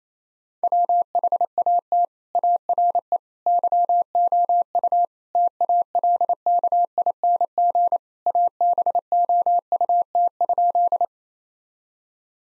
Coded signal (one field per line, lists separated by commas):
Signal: Morse code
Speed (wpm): 28 wpm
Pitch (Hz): 700 Hz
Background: none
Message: WHAT ARE YOU TALKING ABOUT?